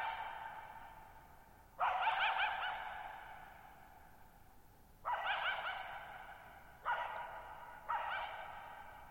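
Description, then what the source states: Coyote barking in four rough, harsh bursts, each followed by a long echoing decay. Lone coyote at night, July 14, 2019, near Thirtymile Meadows, Okanogan National Forest, Okanogan High Country, Pacific Northwest, 6400 ft; tall mountains on a high, mostly dry plateau, shallow bowl-shaped meadow, boggy ground.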